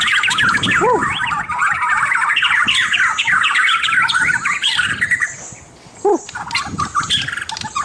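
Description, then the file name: White-rumped shama song: a packed stream of rapid whistles and harsh chattering notes, quieter near the end, with a few low swooping sounds. Indonesian name murai batu, labelled mahkota. "suara murai batu mahkota"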